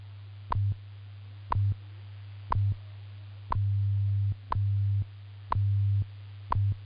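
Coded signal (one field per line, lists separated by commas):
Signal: radio time signal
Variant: WWV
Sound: sharp clicks once per second over a low hum that pauses around each tick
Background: radio static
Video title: WWV 15000 KHz - Fort Collins CO USA - 1200 UTC - Time Signal - 2002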